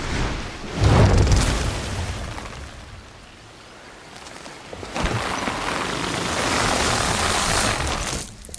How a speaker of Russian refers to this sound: Пасмурный день. Льет дождь.